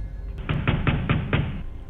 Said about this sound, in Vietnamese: Tiếng đập cửa vang lên. Thế nhưng cánh cửa vẫn không hề suy chuyển.